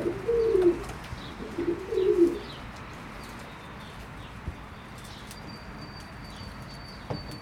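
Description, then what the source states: Pigeon cooing: two low, throaty coos in quick succession near the start, then quiet with faint clicks and a thin high whistle in the background. Berlin, Germany, 2022.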